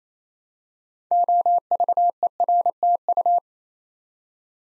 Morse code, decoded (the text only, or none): OVERTU